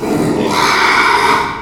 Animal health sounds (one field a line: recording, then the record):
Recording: squeal of a Yucatan mini pig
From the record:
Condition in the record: after surgery on the right vocal fold (resection and tissue-engineered implant)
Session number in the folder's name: 1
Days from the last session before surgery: 6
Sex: male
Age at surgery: 12 weeks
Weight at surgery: 13 kg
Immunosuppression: cyclosporine, prednisolone